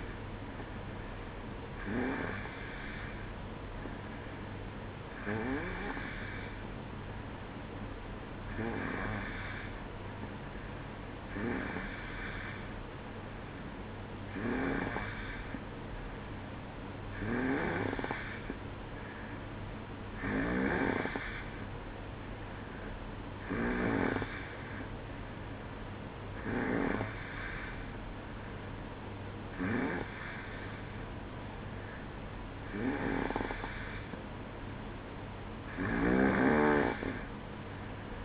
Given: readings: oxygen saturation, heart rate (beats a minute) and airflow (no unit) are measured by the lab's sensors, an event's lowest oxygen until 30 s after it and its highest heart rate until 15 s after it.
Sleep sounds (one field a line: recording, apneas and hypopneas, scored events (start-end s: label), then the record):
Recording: breathing in sleep by a voice recorder at the bedside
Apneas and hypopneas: none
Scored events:
none scored
From the record:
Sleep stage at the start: N2 (light sleep)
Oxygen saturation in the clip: 91%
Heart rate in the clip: 62 to 67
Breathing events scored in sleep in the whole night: 305 in 9.6 hours asleep